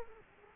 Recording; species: mosquito wingbeat signal from an infrared sensor; Culex quinquefasciatus